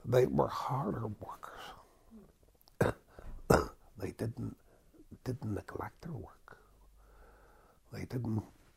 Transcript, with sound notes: They were harder workers. ( he coughs ) They didn't, didn't neglect their work. They didn't